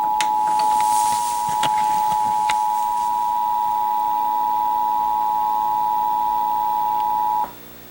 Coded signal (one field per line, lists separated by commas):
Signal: Emergency Alert System (SAME) tones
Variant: 853 and 960 Hz attention tone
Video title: Los Angeles County Monthly EAS Test WITH NON-SHERRIF AUDIO (1/31/23) (EAS #735 -736)